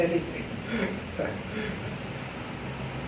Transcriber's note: laughs